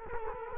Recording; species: mosquito wingbeat signal from an infrared sensor; Culex quinquefasciatus